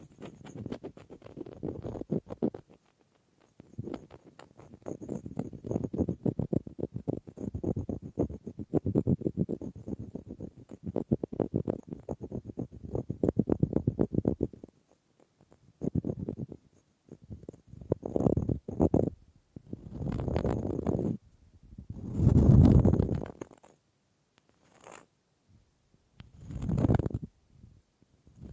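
Wood triggers: dense bursts of rapid scratching and rubbing on wood come in clusters with short pauses, then slower, separate swells toward the end.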